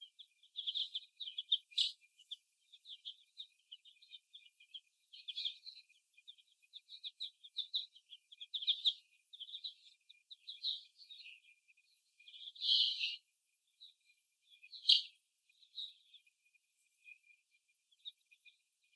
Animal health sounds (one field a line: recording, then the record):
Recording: young laying hens in a cage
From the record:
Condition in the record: before the stressor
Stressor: simulated dog barking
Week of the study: 1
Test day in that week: 1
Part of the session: 2